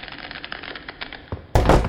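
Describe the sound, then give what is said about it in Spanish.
Faint scattered clicks and crackles, then a sudden loud clattering crash as someone stumbles into a chair lying fallen in the middle of the way, the noisy burst filling the final moments. “Nada, he tropezado con una silla que había tirada aquí en medio.”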